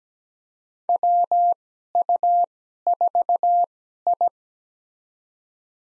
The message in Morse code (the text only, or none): WU4I